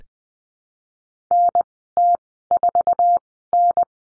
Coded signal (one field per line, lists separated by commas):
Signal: Morse code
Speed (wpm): 20 wpm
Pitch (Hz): 700 Hz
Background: none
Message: NT4N